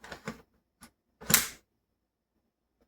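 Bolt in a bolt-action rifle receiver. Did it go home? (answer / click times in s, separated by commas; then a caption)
yes / 1.3 s. The bolt of a World War II Mauser K98 bolt-action rifle has its handle lifted and is drawn back through the receiver, with the safety set to the middle position. A few short metallic clicks and sliding sounds come first, then a louder, sharp click at 1.3 seconds as the bolt stops against the bolt release and locks in place at the rear.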